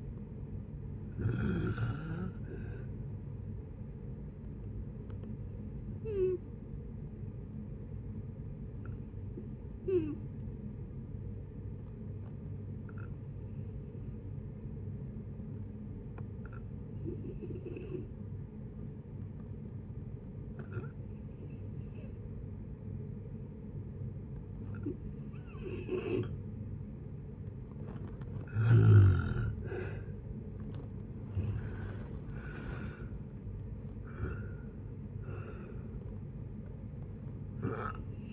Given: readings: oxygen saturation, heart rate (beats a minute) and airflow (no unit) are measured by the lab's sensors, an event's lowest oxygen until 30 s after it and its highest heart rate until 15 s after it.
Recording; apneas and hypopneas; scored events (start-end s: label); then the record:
breathing in sleep by a smartphone at the bedside; 1
2.00-32.00 s: new sleep stage, N3 (deep sleep)
8.00-29.70 s: hypopnea (N3, oxygen 95% highest, then 88% lowest, heart rate 65 at the start, 78 highest)
32.00-38.33 s: new sleep stage, N2 (light sleep)
From the record:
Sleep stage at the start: N2 (light sleep); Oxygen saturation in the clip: 89 to 95%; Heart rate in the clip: 58 to 78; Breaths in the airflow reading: 10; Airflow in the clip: -9.5 to 11.7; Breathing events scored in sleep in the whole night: 496 in 5.4 hours asleep